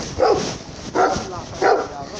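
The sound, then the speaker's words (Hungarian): A dog barks three times, each bark a short, mid-pitched burst, spaced out at a slow, fairly even pace with quiet gaps between them. “Kutya, gyere!”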